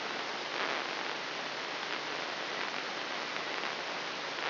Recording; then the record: brain microelectrode recording played as sound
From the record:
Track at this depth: inside the subthalamic nucleus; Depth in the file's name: 2.709 mm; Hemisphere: left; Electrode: 3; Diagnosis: Parkinson's disease